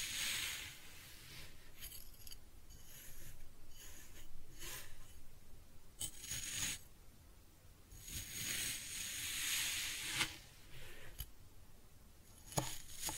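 Kinetic sand is cut and scooped in a series of soft, gritty scraping strokes, some brief and some drawn out, with the longest rasp running from about eight to ten seconds. Quiet gaps separate the strokes, and a few sharper ticks break in near six, eleven and thirteen seconds.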